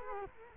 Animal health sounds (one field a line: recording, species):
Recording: mosquito wingbeat signal from an infrared sensor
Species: Culex quinquefasciatus